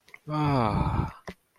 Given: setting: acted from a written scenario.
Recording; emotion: vocal sound without words; serenity